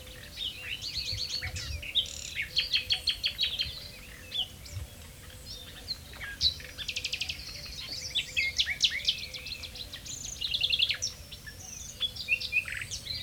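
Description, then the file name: Common nightingale delivering rich, varied phrases of rapid chattering notes and whistles. "Luscinia megarhynchos"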